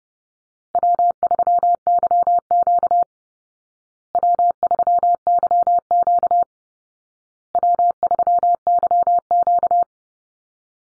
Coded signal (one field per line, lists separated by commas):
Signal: Morse code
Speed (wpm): 30 wpm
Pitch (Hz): 700 Hz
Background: none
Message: W3YQ W3YQ W3YQ